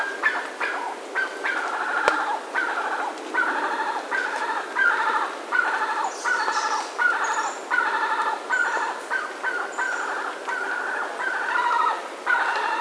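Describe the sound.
Bird calls as throaty buzzy bursts in a steady, slightly uneven series, with occasional thin high notes and a single sharp click.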